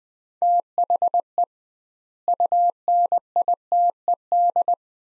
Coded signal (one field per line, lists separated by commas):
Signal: Morse code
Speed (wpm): 20 wpm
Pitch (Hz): 700 Hz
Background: none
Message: THE UNITED